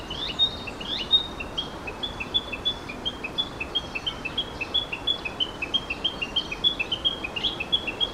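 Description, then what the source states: Narcissus flycatcher giving rapid, evenly spaced high chip notes, roughly three each second, opening with two sharper upswept notes, against a faint hiss. Recorded 1 June 2022.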